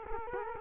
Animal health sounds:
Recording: mosquito wingbeat signal from an infrared sensor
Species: Culex quinquefasciatus

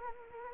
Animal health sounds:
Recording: mosquito wingbeat signal from an infrared sensor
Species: Anopheles arabiensis

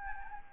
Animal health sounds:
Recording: mosquito wingbeat signal from an infrared sensor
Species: Anopheles gambiae

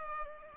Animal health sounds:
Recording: mosquito wingbeat signal from an infrared sensor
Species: Culex pipiens

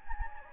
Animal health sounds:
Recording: mosquito wingbeat signal from an infrared sensor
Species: Anopheles gambiae

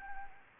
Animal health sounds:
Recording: mosquito wingbeat signal from an infrared sensor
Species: Anopheles arabiensis

